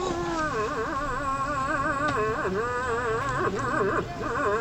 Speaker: Guck mal, das war ein Elch. Ein jaulender Elch.